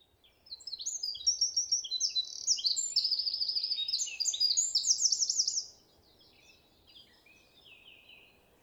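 Eurasian wren song, a loud, fast outpouring of high trills and sharp warbled notes lasting about five seconds, then quiet with faint background noise.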